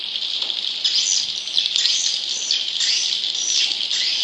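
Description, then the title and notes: Leafbird singing a rich, continuous high warble of quick, varied twittering phrases. Labelled as the daun kecil type of cucak ijo. "CCKIJDaunKecil. Cucak Ijo"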